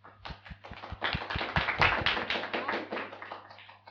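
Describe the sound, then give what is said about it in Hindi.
A group bursts into loud welcoming applause, dense overlapping claps building quickly to a peak and then gradually thinning out over a few seconds, with a low steady hum underneath. “जोरदार ताली से स्वागत।”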